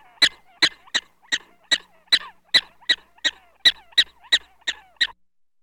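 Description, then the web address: Black-tailed prairie dog giving a run of about fourteen quick, shrill barks at a brisk, even pace, then falling silent. "dog prairie black tailed prairie dog barking animal"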